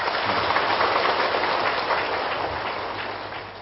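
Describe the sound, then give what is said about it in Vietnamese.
Participants at a Buddhist one-day retreat applaud in a dense, continuous wash of clapping that holds steady for a few seconds before thinning slightly at the end, with no voices. “Thiếu nợ mấy cái tràng pháo tay hoài không biết trả chừng nào cho xong.”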